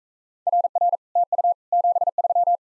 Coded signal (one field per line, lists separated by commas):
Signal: Morse code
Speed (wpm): 43 wpm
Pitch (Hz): 700 Hz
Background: none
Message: RR TU 73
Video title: Common QSO Phrases Speed-Racing - 28wpm